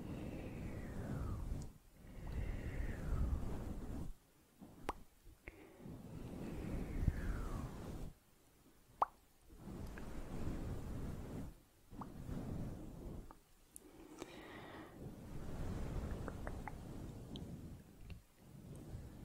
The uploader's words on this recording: ASMR Close Up Soft & Slow Mouth Sounds, Fluffy Mic, Camera Brushing.